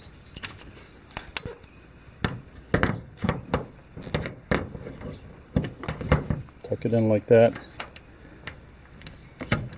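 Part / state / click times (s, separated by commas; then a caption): metal latch piece into its mount on an RV fitting / not seated / none. A small metal latch piece on a fitting in a Mercedes Sprinter RV is pulled up and tucked in by hand toward its mount, with a series of short knocks and taps while someone talks. Nothing has seated or clicked yet; the latch is still being handled when the clip ends.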